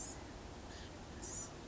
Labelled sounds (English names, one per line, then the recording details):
Blue-gray Gnatcatcher
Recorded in Sonoma County, California